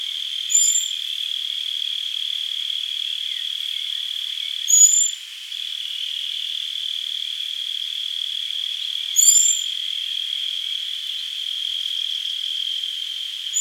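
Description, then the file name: Common blackbird calls: thin, very high drawn-out whistles given every four to five seconds over a loud, unbroken insect drone. "Turdus merula"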